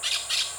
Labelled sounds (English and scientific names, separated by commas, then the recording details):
Brown-throated Parakeet (Eupsittula pertinax) contact call
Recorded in Venezuela
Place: Maracay, UCV-Agronomy campus
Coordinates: 10.278, -67.607